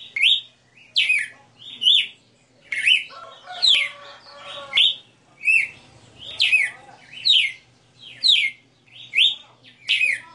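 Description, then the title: Red-cowled cardinal song: clear, falling whistles repeated steadily, broken early by a lower rasping, harmonic phrase, with a low hum throughout. Female red-cowled cardinal singing live; song style called 60 notas (sixty notes). "Canto Galo Campina Fêmea 02. Galo de Campina 60 NOTAS Cantando Ao vivo"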